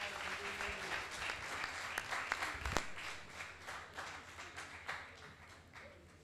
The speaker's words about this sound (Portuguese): Palmas para os músicos.